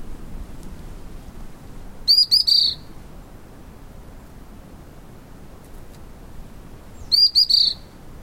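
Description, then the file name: White-browed fulvetta song: two brief phrases of high, rapid chirped notes about five seconds apart, set against a low, quiet hiss. "fulvetta-white-browed Fulvetta-vinipectus"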